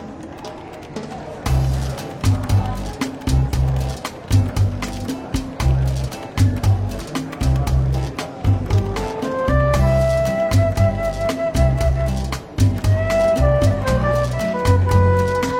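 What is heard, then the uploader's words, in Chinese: Soft, easy jazz plays in a lightly busy bookshop café, with a steady walking bass pulse in the low end and sustained melodic lines coming in after about ten seconds. Murmured talk and scattered clicks and clinks sit underneath throughout. 伦敦书店咖啡馆轻微喧闹氛围与柔和轻松的爵士背景音乐。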